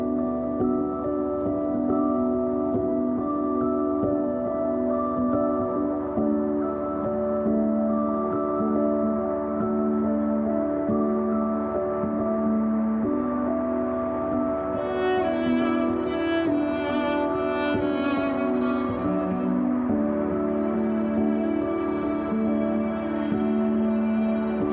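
String music plays throughout, with sustained, overlapping tones in the low and middle range that shift slowly from chord to chord. Around fifteen to nineteen seconds, brighter plucked or bowed accents flicker in the upper range. The level stays steady and full.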